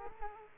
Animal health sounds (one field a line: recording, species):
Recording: mosquito wingbeat signal from an infrared sensor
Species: Culex quinquefasciatus